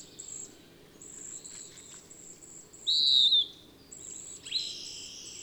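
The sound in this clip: Birdsong: a loud, clean whistle sliding downward midway, surrounded by softer chirps and a high-pitched buzz.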